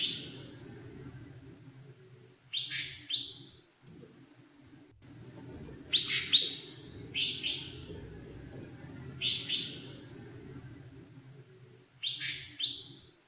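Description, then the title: Leafbird song: short, bright chirping bursts, each under a second, coming at irregular intervals over a steady low background noise. "CUCAK IJO"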